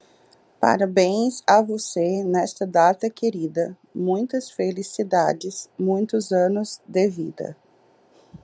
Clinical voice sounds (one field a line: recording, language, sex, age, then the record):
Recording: short text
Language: Brazilian Portuguese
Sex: female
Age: 40 to 49 years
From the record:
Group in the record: control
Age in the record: 43 years